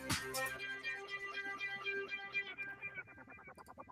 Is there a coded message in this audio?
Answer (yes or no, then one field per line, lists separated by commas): no